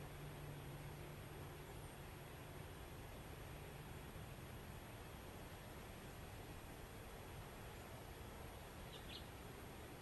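Wind blows steadily through grass and trees, a dense, unchanging rush with a low rumble underneath and a faint low hum in the first few seconds. A single short bird chirp breaks through near the end, with a thin high tone lingering throughout.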